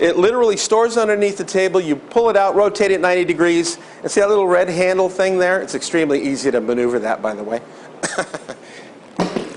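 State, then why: Seated. A transfer bar stored underneath a Barihab therapy table is pulled out, rotated 90° using its small red handle, and pushed into the table frame while someone talks. A single sharp hit sounds at 9.2 s as the bar locks into place.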